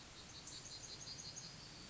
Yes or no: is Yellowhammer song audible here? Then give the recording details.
yes. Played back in forest. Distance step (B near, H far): F. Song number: 140